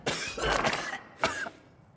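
An adult imitates a dry cough, two short harsh bursts, shown as one of the main symptoms of the coronavirus (COVID-19).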